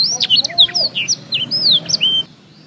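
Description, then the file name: Black-throated canary song, a short burst of quick high slurred whistles and chips ending suddenly, followed by near silence. Full song. "audio kenari new obelix jr full blackthroat"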